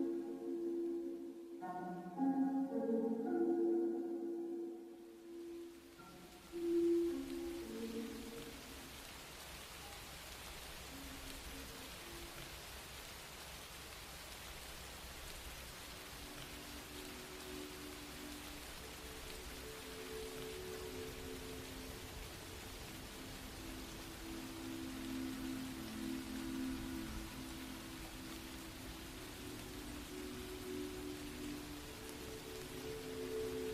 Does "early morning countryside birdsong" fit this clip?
no